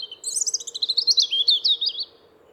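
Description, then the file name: European robin song: one quick phrase of thin, high, tumbling twitters and trills lasting about two seconds, over a faint steady low hum. "zaryanka"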